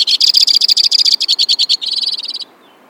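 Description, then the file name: White-winged crossbill song: a bright rapid trill, then a slightly lower, quicker trill that ends after about two and a half seconds. "suara-kicauan-burung-white-winged-crossbill 3-omkicau"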